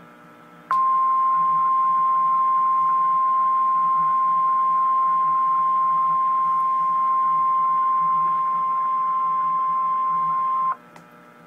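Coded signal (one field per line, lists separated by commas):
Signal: Emergency Alert System (SAME) tones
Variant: 1050 Hz attention tone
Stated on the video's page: Real severe thunderstorm watch alert.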